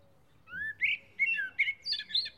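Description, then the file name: Common blackbird: a short phrase of slurred, mellow whistles rising and falling, ending in a couple of higher squeaky notes. "Turdus merula"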